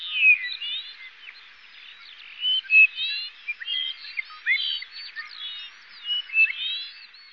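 Bird song, a steady stream of high chirps, whistled slurs and twitters, with several louder notes standing out.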